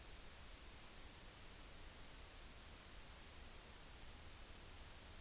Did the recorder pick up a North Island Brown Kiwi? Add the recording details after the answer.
no. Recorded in New Zealand on 29 April 2013. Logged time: 02:19